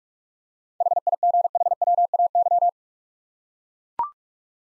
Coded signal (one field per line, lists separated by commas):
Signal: Morse code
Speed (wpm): 41 wpm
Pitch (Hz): 700 Hz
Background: none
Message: HIGHWAY